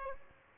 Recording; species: mosquito wingbeat signal from an infrared sensor; Aedes albopictus